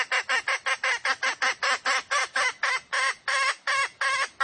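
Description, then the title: Junglefowl giving a steady series of many harsh, nasal cackling notes, continuing throughout. Female junglefowl; the call is used as a lure recording to attract birds. "Pancingan Ayam Hutan Betina. Suara Ayam Hutan Betina"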